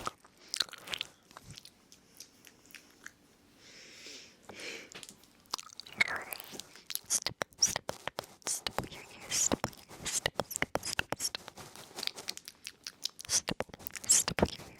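Ear noms and brushing: a dense run of sharp, crackly clicks and crunchy snaps, like chewing and biting, comes in quick irregular bursts throughout. Around the four-second mark a soft, hissing brush-like swish takes over briefly, and the crackling grows busier toward the end.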